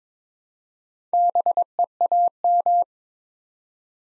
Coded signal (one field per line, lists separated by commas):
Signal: Morse code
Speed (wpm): 22 wpm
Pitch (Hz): 700 Hz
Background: none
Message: BEAM